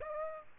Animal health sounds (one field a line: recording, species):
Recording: mosquito wingbeat signal from an infrared sensor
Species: Aedes aegypti